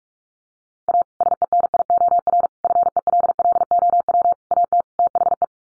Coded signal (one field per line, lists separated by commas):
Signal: Morse code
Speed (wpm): 45 wpm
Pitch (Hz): 700 Hz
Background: none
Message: A SENIOR FELLOW AT THE